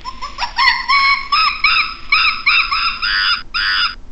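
Red monkey giving a rapid series of loud, harmonic, wavering calls, rising at first and then repeated in quick bursts before ending in harsher notes.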